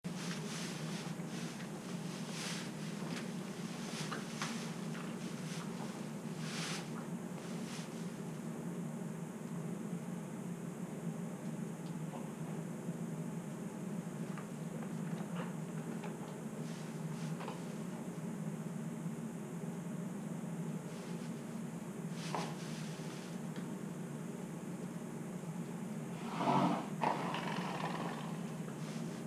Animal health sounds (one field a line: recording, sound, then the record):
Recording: horse showing discomfort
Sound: sighing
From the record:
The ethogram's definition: an audible long exhalation following a deep inhalation